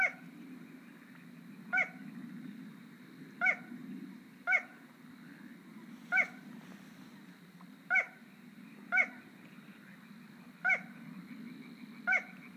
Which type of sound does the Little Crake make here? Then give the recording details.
song. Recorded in the wild. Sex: male. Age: adult. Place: Kützerhof, Kummerower See, Mecklenburg-Vorpommern, DE. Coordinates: 53.8556, 12.8639. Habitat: wetland. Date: 2010-06-08. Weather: 15°C, weak westerly winds. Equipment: Sound Devices 702, Sennheiser MKH 70, Rycote Windschutz. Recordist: Frommolt, Karl-Heinz. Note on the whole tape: Polder Kleine Rosin: Gesang eines Kleinen Sumpfhuhnes. Entfernung 20 m. Qualität gut, aber z.T. mit Windpoltern. Aufnahme mit 240 Hz Hochpassfilter